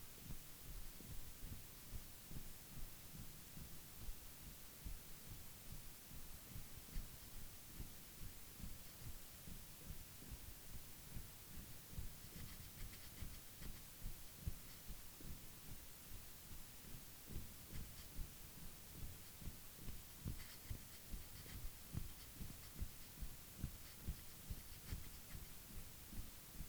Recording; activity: daily activity, guitar pickup as the sensor; jump